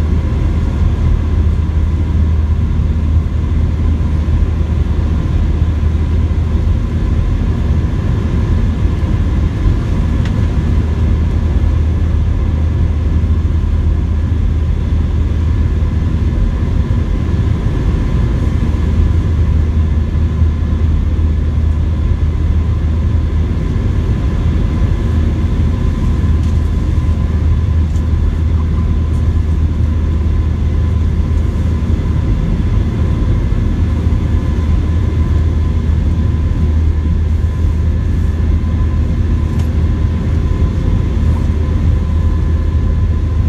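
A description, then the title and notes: Airliner takeoff heard as a steady, dense low engine drone with a constant tonal whine, unchanging over the whole stretch, with faint interior rattles. Takeoff at JFK.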